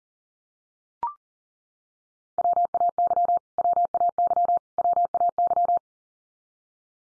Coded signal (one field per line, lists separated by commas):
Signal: Morse code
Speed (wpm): 40 wpm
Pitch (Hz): 700 Hz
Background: none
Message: WAY WAY WAY